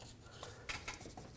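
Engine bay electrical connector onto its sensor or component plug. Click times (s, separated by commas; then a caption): 0.9 s. A plastic electrical connector is pushed back onto its mating sensor or component plug in the engine bay of a 2001–07 Toyota Sequoia during reassembly after a starter replacement. A faint hit lands at 0.4 s and a second, slightly louder click follows at 0.9 s, when the connector seats.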